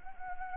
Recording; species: mosquito wingbeat signal from an infrared sensor; Anopheles arabiensis